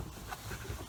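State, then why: Not seated. An interior door handle with plastic clips is being handled and pushed back into the door card of a Fiesta Mk6 car door during reassembly after a window motor replacement. Only low, steady handling noise and faint rustling are heard, with no sharp transients. Nothing has seated or clicked yet.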